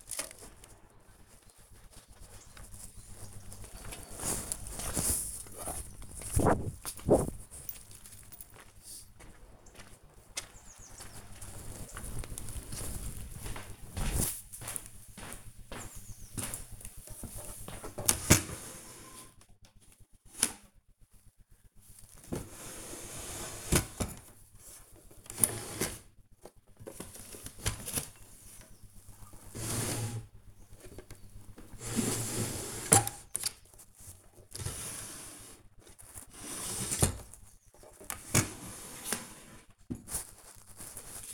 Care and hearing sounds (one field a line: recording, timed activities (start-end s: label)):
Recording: household activities, microphone on the right wrist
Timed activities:
0.00-35.38 s: sowing seeds